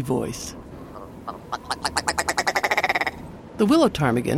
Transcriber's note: Male Willow Ptarmigan call